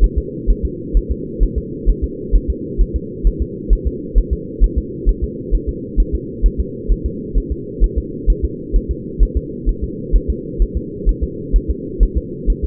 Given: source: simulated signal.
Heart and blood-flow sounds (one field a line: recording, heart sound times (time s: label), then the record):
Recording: fetal heart sounds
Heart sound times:
0.04 s: S1
0.18 s: S2
0.50 s: S1
0.65 s: S2
0.97 s: S1
1.11 s: S2
1.43 s: S1
1.58 s: S2
1.89 s: S1
2.04 s: S2
2.35 s: S1
2.50 s: S2
2.81 s: S1
2.96 s: S2
3.27 s: S1
3.42 s: S2
3.73 s: S1
3.87 s: S2
4.18 s: S1
4.33 s: S2
4.64 s: S1
4.78 s: S2
5.09 s: S1
5.24 s: S2
5.54 s: S1
5.69 s: S2
6.00 s: S1
6.15 s: S2
6.46 s: S1
6.60 s: S2
6.92 s: S1
7.06 s: S2
7.38 s: S1
7.52 s: S2
7.84 s: S1
7.98 s: S2
8.30 s: S1
8.45 s: S2
8.76 s: S1
8.91 s: S2
9.23 s: S1
9.37 s: S2
9.69 s: S1
9.84 s: S2
10.15 s: S1
10.30 s: S2
10.62 s: S1
10.77 s: S2
11.09 s: S1
11.23 s: S2
11.56 s: S1
11.71 s: S2
12.03 s: S1
12.18 s: S2
12.50 s: S1
12.64 s: S2
From the record:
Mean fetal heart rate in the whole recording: 130 bpm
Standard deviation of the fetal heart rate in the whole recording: 2 bpm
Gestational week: 36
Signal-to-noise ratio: -4.1 dB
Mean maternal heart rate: no maternal heart sound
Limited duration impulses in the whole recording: absent